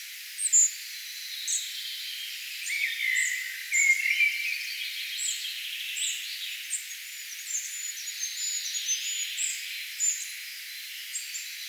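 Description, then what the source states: Spotted flycatcher song: thin, high squeaky notes given singly at irregular intervals, over a background chorus of other songbirds warbling lower down. Singing, 4 June 2025.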